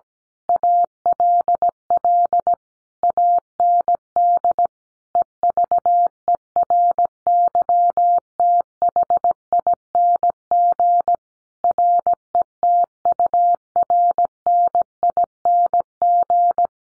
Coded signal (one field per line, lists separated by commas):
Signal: Morse code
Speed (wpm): 17 wpm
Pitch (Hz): 700 Hz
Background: none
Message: ALL AND EVERYTHING RETURNING